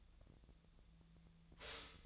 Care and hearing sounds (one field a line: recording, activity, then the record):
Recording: daily activity, microphone in the room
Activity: stop toaster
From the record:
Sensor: 3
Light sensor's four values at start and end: 32/80/34/36 and 32/80/34/36